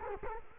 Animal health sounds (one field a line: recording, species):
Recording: mosquito wingbeat signal from an infrared sensor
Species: Culex quinquefasciatus